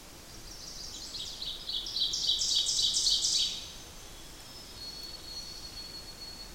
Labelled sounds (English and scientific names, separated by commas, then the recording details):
Ovenbird (Seiurus aurocapilla) song
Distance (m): 15 m
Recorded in boreal forest in Alberta, Canada, on 8 June 2016 at 07:04
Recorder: SongMeter 3, array SBT-3-9
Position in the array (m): 47 m, 103 m
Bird 33